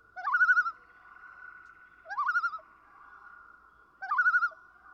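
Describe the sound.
Common loon giving three quavering tremolo phrases about two seconds apart, each a quick upward swoop into a fast, laughing warble, with a faint hum carrying on between calls.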